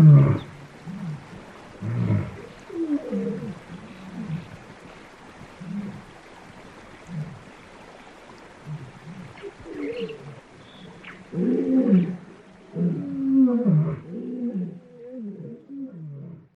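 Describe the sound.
Lion giving low, rumbling grunts and roars in spaced bouts.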